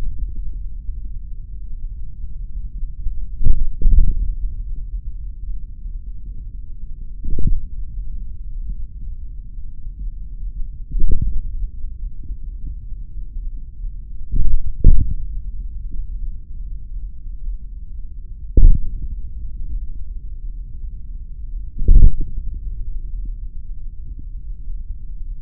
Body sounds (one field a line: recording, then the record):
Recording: forearm muscle sounds (acoustic myography)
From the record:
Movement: hand closing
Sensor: system 3, bracelet of six PUI Audio POM-2738L microphones around the upper forearm, with dedicated amplification and filtering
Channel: 4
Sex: male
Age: 26 years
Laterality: right